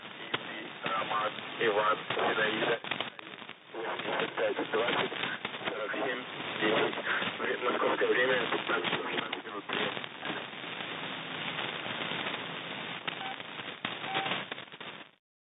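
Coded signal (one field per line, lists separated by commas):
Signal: coded military voice message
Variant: Russian, The Pip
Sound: a male voice reading a message over a noisy, narrow-band radio channel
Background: radio static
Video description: "The Pip" is a Russian military radiostation that broadcasts on 5448 kHz at daytie and 3756 kHz at nighttime.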